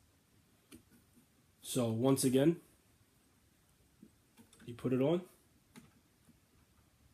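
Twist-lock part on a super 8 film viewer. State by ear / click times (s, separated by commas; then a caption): seated / 5.8 s. A twist-lock part of a Baia Instaview 270 Super 8 film viewer is put on with its ridges and line matched up, then turned until it locks into place. Someone talks while small clicks are heard, and the part locks with a sharp click at 5.8 s.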